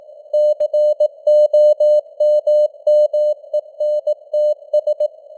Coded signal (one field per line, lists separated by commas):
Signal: Morse code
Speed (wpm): 18 wpm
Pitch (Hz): 600 Hz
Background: none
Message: COMMENTS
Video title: Morse Code News | 2025-11-25 | 18wpm